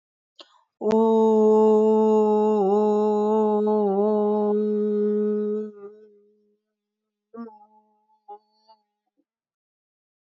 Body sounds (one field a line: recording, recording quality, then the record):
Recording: sustained vowel as in boot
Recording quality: excellent, no background noise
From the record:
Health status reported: recovered from COVID-19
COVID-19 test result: positive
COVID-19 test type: RT-PCR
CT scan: taken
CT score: 0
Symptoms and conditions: fatigue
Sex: female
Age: 55 years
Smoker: no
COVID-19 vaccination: both doses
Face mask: not worn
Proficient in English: yes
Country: India